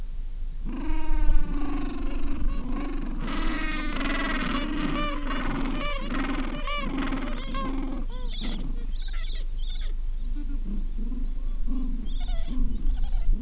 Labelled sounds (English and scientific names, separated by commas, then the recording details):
Gentoo Penguin (Pygoscelis papua)
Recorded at the colony at Ocean Harbour, on 7 January 2016
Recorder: Song Meter SM2+